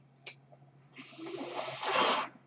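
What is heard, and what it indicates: A soft click, then a steady airy hiss that builds for over a second and cuts off sharply: the user's own home mechanical ventilator pushing a breath into the airway, with airflow rising and then stopping at the end of inspiration.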